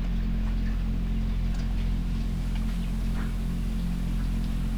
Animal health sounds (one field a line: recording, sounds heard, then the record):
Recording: poultry house recording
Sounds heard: sick chickens (respiratory disease)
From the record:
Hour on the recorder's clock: 20